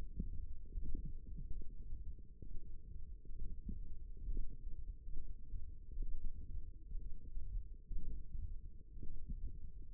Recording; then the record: forearm muscle sounds (acoustic myography)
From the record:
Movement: radial deviation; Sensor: system 1, eight BSWA MPA416 microphones around the upper forearm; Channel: 2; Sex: male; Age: 23 years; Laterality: right